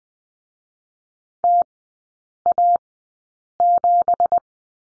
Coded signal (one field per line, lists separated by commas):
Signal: Morse code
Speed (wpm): 20 wpm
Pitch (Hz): 700 Hz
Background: none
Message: TA7